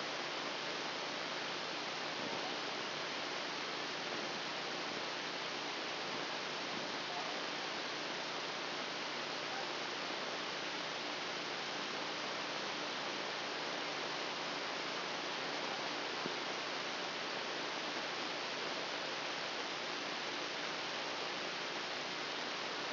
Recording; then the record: brain microelectrode recording played as sound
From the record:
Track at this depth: inside the subthalamic nucleus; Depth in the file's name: 1.912 mm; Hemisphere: left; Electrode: 2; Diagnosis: Parkinson's disease